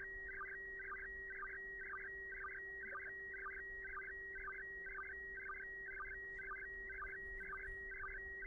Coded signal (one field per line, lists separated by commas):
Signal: SSTV (slow-scan television)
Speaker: Here we go. Oh yeah, this one's coming in nicely.